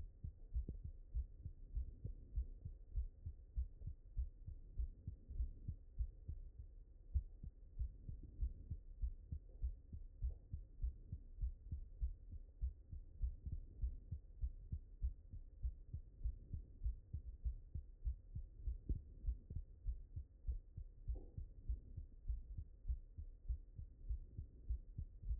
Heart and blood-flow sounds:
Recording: heart sounds by stethoscope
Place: mitral valve (MV)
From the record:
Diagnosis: non-HFrEF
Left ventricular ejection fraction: 45%

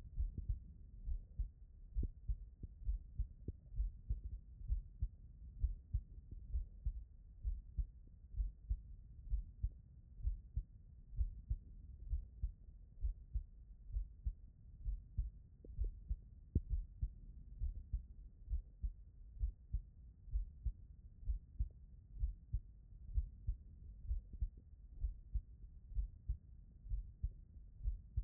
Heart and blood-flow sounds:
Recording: heart sounds by stethoscope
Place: tricuspid valve (TV)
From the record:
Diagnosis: non-HFrEF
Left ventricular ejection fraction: 58%

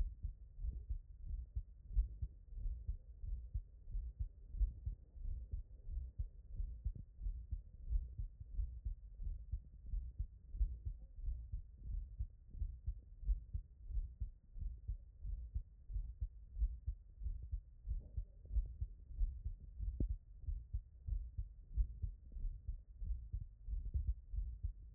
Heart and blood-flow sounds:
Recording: heart sounds by stethoscope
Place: tricuspid valve (TV)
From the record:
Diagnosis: non-HFrEF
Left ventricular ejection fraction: 58%

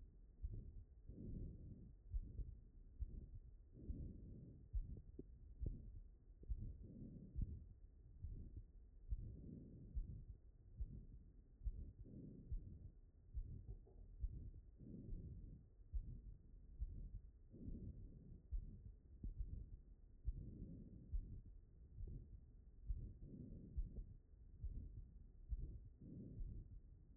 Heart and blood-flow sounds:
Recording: heart sounds by stethoscope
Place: aortic valve (AV)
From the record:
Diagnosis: non-HFrEF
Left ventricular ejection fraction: 61%

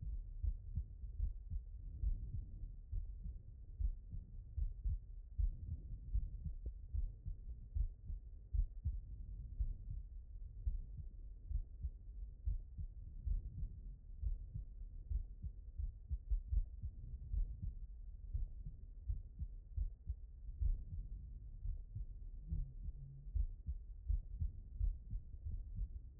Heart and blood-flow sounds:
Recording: heart sounds by stethoscope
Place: aortic valve (AV)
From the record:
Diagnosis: non-HFrEF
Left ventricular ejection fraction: 73%

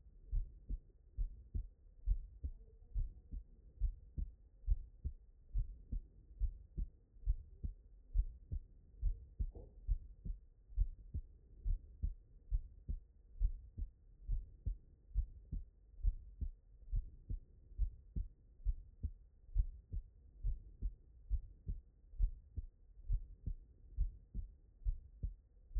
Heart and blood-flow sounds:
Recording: heart sounds by stethoscope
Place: tricuspid valve (TV)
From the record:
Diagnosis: non-HFrEF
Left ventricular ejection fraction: 56%

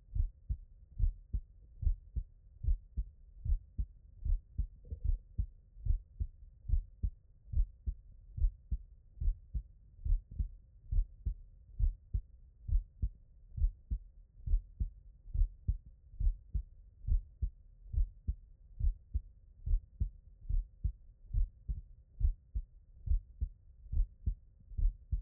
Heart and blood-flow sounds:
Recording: heart sounds by stethoscope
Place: tricuspid valve (TV)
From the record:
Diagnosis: non-HFrEF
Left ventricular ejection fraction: 60%

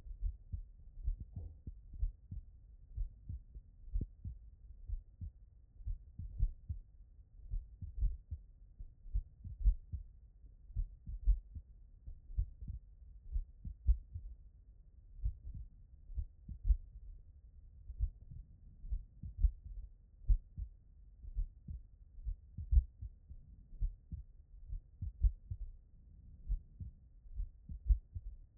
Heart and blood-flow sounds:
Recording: heart sounds by stethoscope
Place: tricuspid valve (TV)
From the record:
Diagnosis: non-HFrEF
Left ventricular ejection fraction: 67%

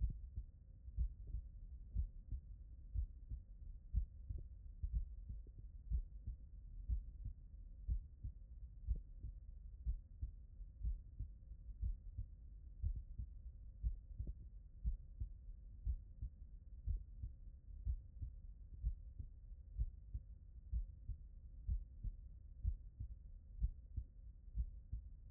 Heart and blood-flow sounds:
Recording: heart sounds by stethoscope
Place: tricuspid valve (TV)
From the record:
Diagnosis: non-HFrEF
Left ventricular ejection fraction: 67%

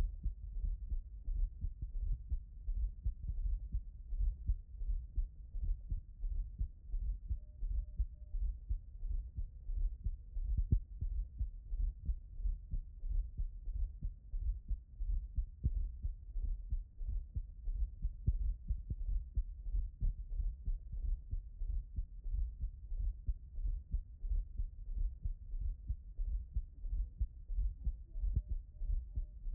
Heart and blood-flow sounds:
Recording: heart sounds by stethoscope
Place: tricuspid valve (TV)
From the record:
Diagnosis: non-HFrEF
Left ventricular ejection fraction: 42%

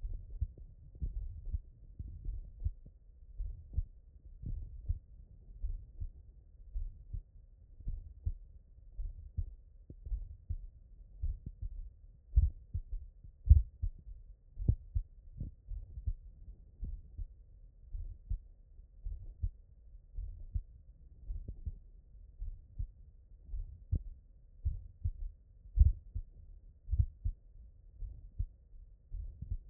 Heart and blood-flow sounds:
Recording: heart sounds by stethoscope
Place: mitral valve (MV)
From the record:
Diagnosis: non-HFrEF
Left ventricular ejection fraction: 67%

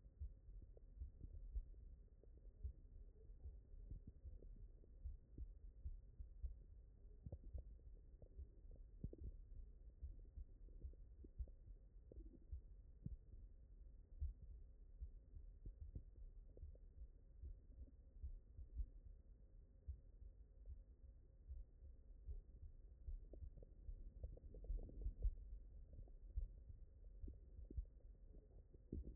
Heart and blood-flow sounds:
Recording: heart sounds by stethoscope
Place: mitral valve (MV)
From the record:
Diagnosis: non-HFrEF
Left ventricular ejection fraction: 61%

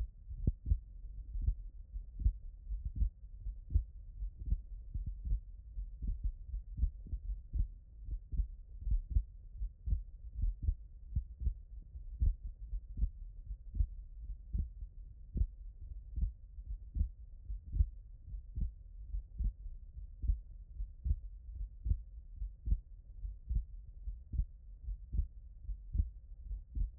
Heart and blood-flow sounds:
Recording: heart sounds by stethoscope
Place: tricuspid valve (TV)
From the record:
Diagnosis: HFrEF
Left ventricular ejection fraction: 39%

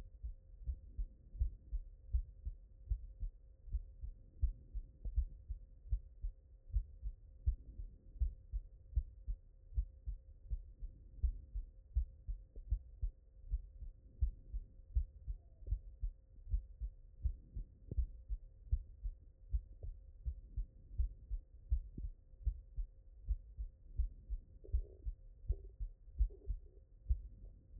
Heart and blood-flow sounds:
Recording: heart sounds by stethoscope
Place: mitral valve (MV)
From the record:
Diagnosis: non-HFrEF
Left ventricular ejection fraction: 60%

